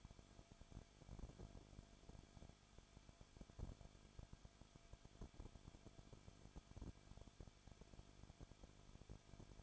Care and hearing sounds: daily activity, microphone in the room; no activity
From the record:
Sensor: 5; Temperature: 20.4 degrees Celsius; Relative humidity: 39.8%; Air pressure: 1010.8 hPa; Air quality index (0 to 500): 166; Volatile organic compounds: 15 ppm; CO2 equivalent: 2506 ppm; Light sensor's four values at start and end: 2/3/1/1 and 2/3/1/1

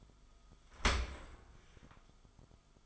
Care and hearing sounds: daily activity, microphone in the room; open dishwasher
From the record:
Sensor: 5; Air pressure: 1004.7 hPa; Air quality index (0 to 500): 90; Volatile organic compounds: 2 ppm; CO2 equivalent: 1090 ppm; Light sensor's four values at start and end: 32/74/30/30 and 32/74/30/30

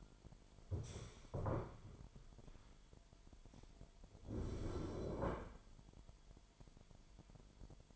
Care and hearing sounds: daily activity, microphone in the room; stand up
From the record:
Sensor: 5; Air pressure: 998.7 hPa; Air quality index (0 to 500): 92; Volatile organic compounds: 2 ppm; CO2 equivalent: 1056 ppm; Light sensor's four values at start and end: 32/77/32/36 and 32/78/32/36

